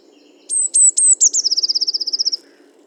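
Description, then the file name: Eurasian blue tit song opening with three thin, high, slightly descending notes and breaking into a fast, regular trill, over faint low background noise. Recorded 31 October 2018. "Cyanistes caeruleus 311018"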